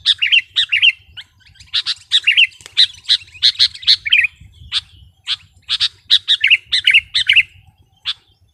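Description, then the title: Sooty-headed bulbul song: sharp chirps alternating with short bubbly phrases, delivered in an uneven, chattering rhythm. "kutilang"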